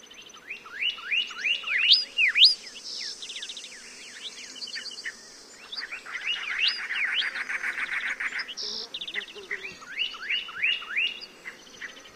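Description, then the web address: Pyrrhuloxia song: bright, sharply slurred whistled notes repeated in quick series, a dense buzzy rattle midway, then further runs of slurred notes. "Songs of Birds of North America Know Your Bird Sounds. Pyrrhuloxia"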